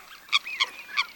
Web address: Лысуха Folaga